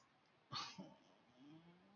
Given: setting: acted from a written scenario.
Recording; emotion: vocal sound without words; sympathy